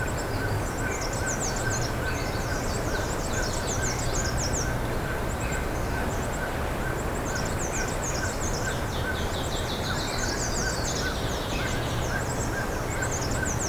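Birds give fast strings of high, thin descending notes, with a longer sweeping call near the end, over steady hum and noise.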